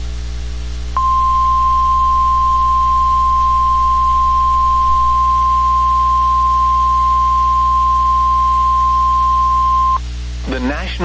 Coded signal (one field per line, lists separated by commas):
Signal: Emergency Alert System (SAME) tones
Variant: 1050 Hz attention tone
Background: speech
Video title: Severe Thunderstorm Warning (4/17/26) [EAS #369]